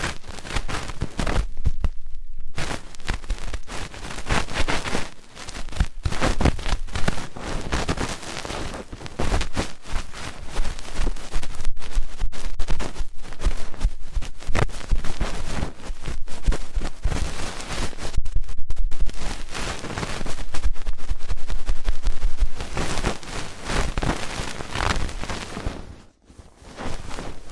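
Fast, intense ear cleaning: dense scratchy rubbing and crackling sweeps almost without pause, with brief silent gaps near 2, 18 and 26 seconds.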